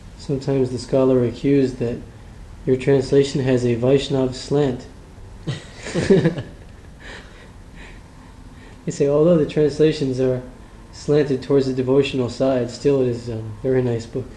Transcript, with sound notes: Sometimes the scholar accused that your translation has a Vaiṣṇava slant. [laughter] They say that although the translations are slanted towards the devotional side, still it is a very nice book.